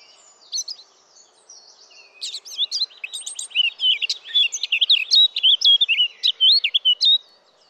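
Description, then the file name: Eurasian blackcap song: after a few faint notes, a rapid, varied warble of clear whistled and chattering phrases runs for about five seconds. "Sylvia atricapilla"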